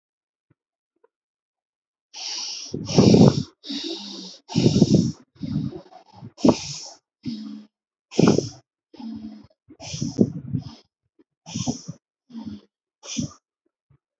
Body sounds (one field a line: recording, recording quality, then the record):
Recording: deep breathing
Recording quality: excellent, no background noise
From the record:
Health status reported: healthy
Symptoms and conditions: none ticked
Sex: female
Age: 56 years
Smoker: not ticked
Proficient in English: yes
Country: India